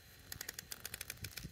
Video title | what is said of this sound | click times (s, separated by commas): HOW TO: IRRIGATION INSTALL PART 8 - SETTING HEADS - DID I FINISH THE JOB THIS TIME🤔 | you hear it clicking that's a good thing | 0.4 s, 0.5 s, 0.6 s, 0.7 s, 1.1 s